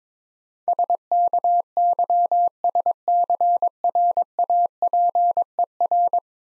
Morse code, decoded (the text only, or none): SKYSCRAPER